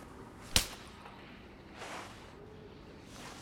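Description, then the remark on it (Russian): A woman slaps a man across the face: a single sharp, loud slap cracks out early, followed by soft rustling and breathy movement sounds against a low background hum. “Катя дает Барсу пощечину.”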